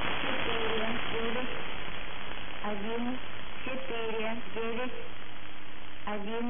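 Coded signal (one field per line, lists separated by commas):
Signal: numbers station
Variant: S06s, Russian female voice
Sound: female synthesized voice speaking short, evenly spaced Russian words through hissy shortwave static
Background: radio static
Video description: Preamble begins at 0:20 and is repeated until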